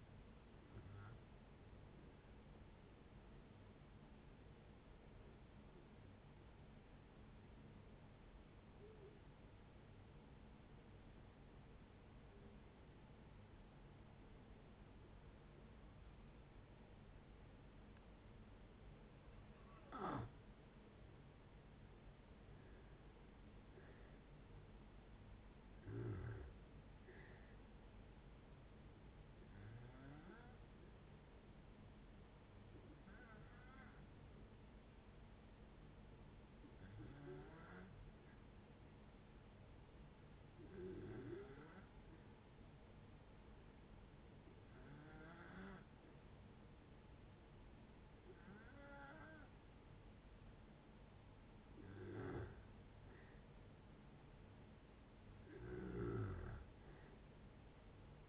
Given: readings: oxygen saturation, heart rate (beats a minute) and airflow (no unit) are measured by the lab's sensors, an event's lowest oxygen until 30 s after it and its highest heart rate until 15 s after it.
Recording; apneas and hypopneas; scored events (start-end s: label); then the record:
breathing in sleep by a voice recorder at the bedside; 2
9.00-25.20 s: hypopnea (N1, oxygen 95% highest, then 87% lowest, heart rate 60 at the start, 68 highest)
24.00-58.29 s: new sleep stage, N2 (light sleep)
32.00-51.40 s: hypopnea (N2, oxygen 95% highest, then 90% lowest, heart rate 65 at the start, 72 highest)
From the record:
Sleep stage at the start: N1 (lightest sleep); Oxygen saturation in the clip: 85 to 95%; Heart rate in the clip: 59 to 73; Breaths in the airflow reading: 15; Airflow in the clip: -6.2 to 8.7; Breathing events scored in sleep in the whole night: 496 in 5.4 hours asleep